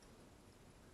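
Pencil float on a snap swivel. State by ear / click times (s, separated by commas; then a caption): not seated / none. A smaller pencil float is being clipped onto a metal snap swivel, but the snap swivel is not fully closed. Only a steady, even broadband hiss is heard for the 0.9 seconds, with no sharp transients. Nothing has clicked or snapped shut.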